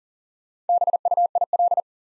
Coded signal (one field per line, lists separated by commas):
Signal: Morse code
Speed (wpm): 40 wpm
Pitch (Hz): 700 Hz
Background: none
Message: BUIL